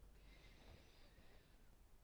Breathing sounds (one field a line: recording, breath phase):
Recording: one breath near a microphone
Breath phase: inhalation